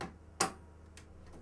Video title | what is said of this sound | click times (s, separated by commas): Computer Hardware : About RAM Installation | you'll hear a click | 0.4 s